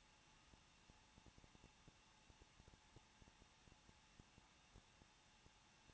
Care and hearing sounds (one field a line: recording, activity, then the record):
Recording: daily activity, microphone in the room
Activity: no activity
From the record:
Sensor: 1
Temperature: 20.1 degrees Celsius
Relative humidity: 39.1%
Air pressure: 1006.4 hPa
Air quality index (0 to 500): 216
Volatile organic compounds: 73 ppm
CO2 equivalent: 3543 ppm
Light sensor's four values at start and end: 1/2/1/1 and 1/2/1/1